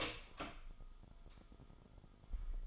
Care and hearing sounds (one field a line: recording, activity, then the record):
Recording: daily activity, microphone in the room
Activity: open door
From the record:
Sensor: 5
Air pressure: 1005.0 hPa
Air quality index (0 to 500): 95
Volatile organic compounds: 2 ppm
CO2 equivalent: 1158 ppm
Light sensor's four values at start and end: 35/81/33/31 and 35/81/33/31